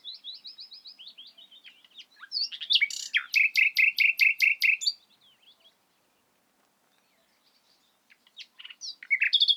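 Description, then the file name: Common nightingale song: a quick series of whistled notes, then a loud burst of fast repeated chirps, a long silent pause, and a new phrase starting at the end. "Luscinia megarhynchos"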